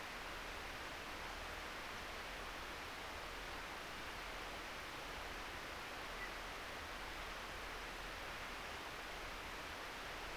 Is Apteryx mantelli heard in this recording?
no